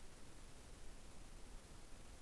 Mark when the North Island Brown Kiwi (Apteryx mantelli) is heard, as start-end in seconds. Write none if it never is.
none